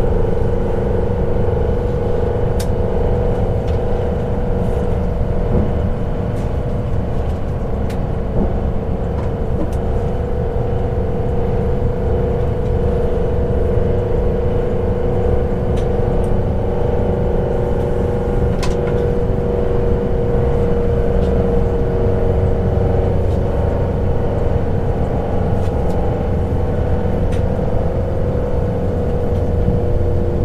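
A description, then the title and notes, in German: A train rolls along at night with a steady, heavy low rumble and a constant whirring hum that never lets up. Faint clicks and taps from the rails come through at irregular moments. Around twenty seconds the lowest rumble deepens slightly. Nächtliche Zugreise. Der sanfte Rhythmus der Schienen und das beruhigende Surren des Zuges.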